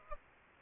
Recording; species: mosquito wingbeat signal from an infrared sensor; Aedes aegypti